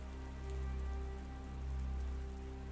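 Light rain falls near dawn, pattering steadily and softly on a surface, a continuous quiet hiss with faint droplet ticks over a low, even hum, no voices.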